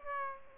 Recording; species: mosquito wingbeat signal from an infrared sensor; Aedes albopictus